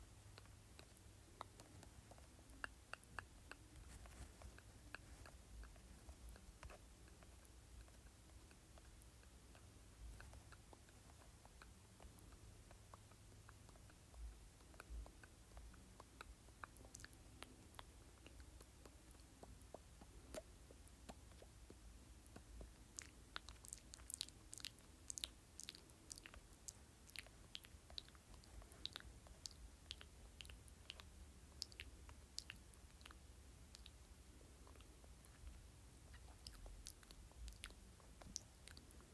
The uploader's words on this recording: ASMR Various Mouth Sounds.